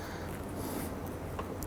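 A hose retaining clip is pressed onto the hose at the radiator neck of a 2007-11 Honda Civic, over a steady low background hum. A short knock comes at 1.4 s, then a sharp click at 1.6 s as the clip snaps on and is confirmed seated.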